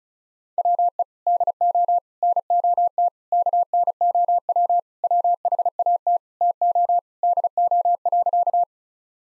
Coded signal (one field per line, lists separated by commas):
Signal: Morse code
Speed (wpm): 36 wpm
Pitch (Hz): 700 Hz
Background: none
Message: WE DO NOT KNOW WHAT TO DO.